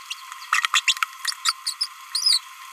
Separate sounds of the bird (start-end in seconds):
0.53-0.66, 0.74-0.80, 0.88-0.93, 1.45-1.52, 1.67-1.73, 1.81-1.86, 2.15-2.38